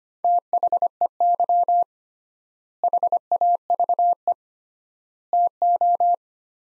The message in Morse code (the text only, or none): THEY HAVE TO